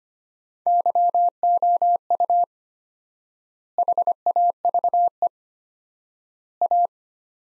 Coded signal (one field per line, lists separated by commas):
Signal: Morse code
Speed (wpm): 25 wpm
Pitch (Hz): 700 Hz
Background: none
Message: YOU HAVE A